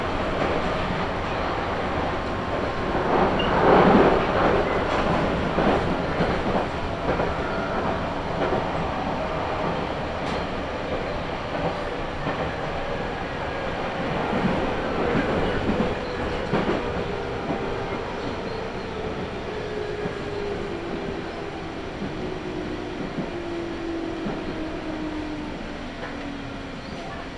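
Train travel from Oohba toward Mishima on the Izuhakone Railway, with a steady rumble of wheels on rail throughout. Around the fourth and fifteenth seconds the noise swells with clattering bursts, and a long whining tone slowly falls in pitch across the second half.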